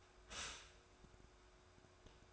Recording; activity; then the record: daily activity, microphone in the room; stop toaster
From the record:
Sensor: 2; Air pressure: 1014.5 hPa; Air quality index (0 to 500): 202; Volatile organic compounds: 22 ppm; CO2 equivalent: 2765 ppm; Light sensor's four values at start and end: 3/9/3/3 and 3/9/3/3